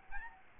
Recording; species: mosquito wingbeat signal from an infrared sensor; Aedes albopictus